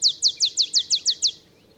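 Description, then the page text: Olive sparrow song fragment, eight evenly spaced sharp downslurred chips in just over a second, then quiet. Male olive sparrow singing early morning in Texas, 50 miles north of the Mexican border; simple songs recall a field sparrow's bouncing-ball song, though less mellow and melancholy. "songs Olive Sparrow. Recording early morning just 50 miles north of the Mexican border in Texas. Birdsong for the Curious Naturalist"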